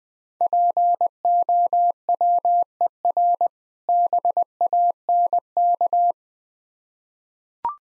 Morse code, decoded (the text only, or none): POWER BANK